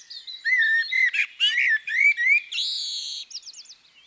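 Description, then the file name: Common blackbird giving a single phrase of low, smooth fluted notes that ends in a drawn-out, squeaky high flourish. "CHernyj drozd - Turdus merula - British Library"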